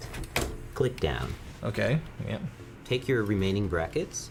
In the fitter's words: is at the bottom and I don't want to cover it okay and that is not at all why you do that just to get this nice click